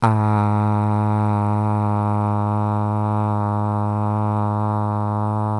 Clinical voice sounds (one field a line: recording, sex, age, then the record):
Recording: sustained vowel /a/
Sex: male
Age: 20 to 29 years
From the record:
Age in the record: 20 years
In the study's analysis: included